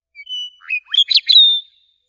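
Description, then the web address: Meadowlark song element: a few clear whistled notes, then a rapid jumble of gurgling notes ending in a sustained bright whistle, about one and a half seconds long. A single song element. "prairie meadowlark song element"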